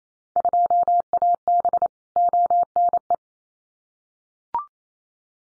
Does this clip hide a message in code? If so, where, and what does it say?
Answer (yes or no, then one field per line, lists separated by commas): yes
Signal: Morse code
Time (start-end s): 0.4-3.1 s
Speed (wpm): 28 wpm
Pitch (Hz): 700 Hz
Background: none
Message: 2AB ONE